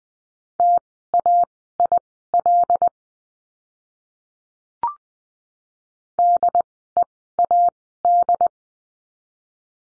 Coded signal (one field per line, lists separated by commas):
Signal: Morse code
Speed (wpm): 20 wpm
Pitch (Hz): 700 Hz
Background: none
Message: TAIL DEAD